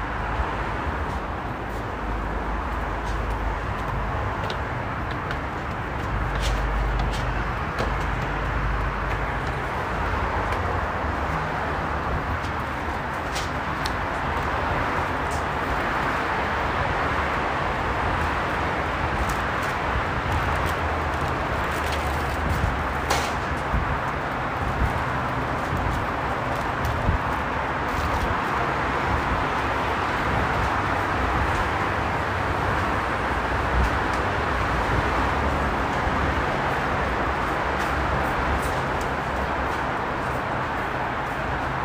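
A steady vehicle rumble fills the whole ride, low and dense, with a constant rush of noise over it. Brief clicks and taps cut through every few seconds, and faint voices seem to surface now and then beneath the drone.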